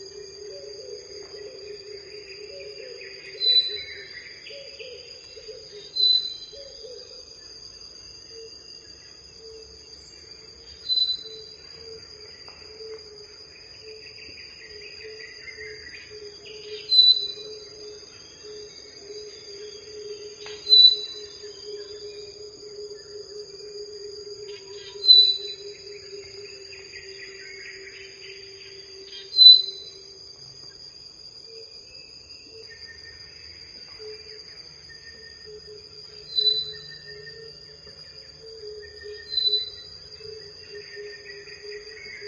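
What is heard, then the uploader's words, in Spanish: Daytime jungle sound with a steady, high insect whine running unbroken through the whole stretch and a low buzzing drone beneath it. Short sharp bird chirps ring out every few seconds, with softer twittering calls scattered between them. Jungla Verde. El sonido de la jungla en el día.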